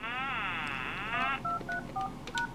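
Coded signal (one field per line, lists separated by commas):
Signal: DTMF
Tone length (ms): 130 ms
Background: speech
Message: 234#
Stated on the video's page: Tones from a DIY home alarm system using door sensors wired into common telephone equipment.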